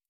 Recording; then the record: hydrophone in a shrimp aquaculture tank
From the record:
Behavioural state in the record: stressed